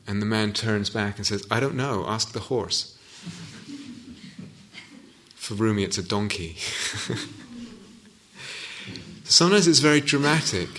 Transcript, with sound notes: And the man turns back and says, "I don't know, ask the horse." [laughter] For Rumi it's a donkey. [laughter] Sometimes it's very dramatic.